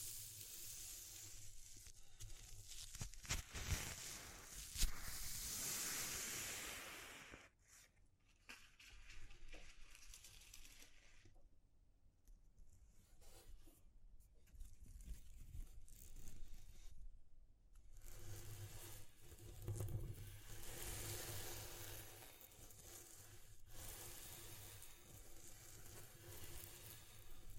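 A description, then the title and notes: Exploring textures ASMR: crisp, dense crackling and rustling that comes in loud bursts, dropping to quiet scratchy stretches around eight to eighteen seconds. ASMR Exploring Textures (No Talking).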